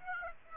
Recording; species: mosquito wingbeat signal from an infrared sensor; Aedes aegypti